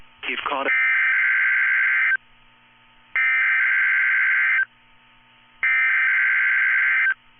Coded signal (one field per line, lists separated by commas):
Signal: Emergency Alert System (SAME) tones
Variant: header bursts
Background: speech